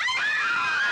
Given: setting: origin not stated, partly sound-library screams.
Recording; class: one-second piece from a danger detection set; woman in danger